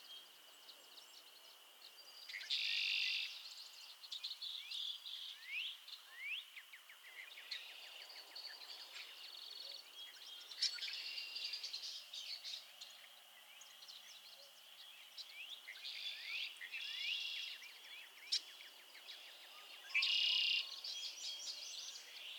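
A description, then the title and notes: A dense, steady chorus of frogs trills high and bright, with louder calls bursting out near three, seventeen and twenty seconds. Theraphonia - Frogsong at Miners Marsh. A chorus of frogs croon to one another on an idyllic summer evening in Miners Marsh, Annapolis Valley, Nova Scotia.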